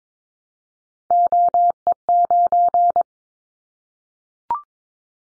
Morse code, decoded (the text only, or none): OE9